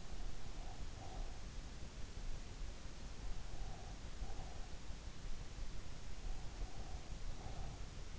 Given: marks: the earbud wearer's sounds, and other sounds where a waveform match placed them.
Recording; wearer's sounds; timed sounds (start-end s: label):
sounds in sleep by an in-ear microphone; breath
0.00-1.51 s: breath
3.36-4.79 s: breath
6.16-7.87 s: breath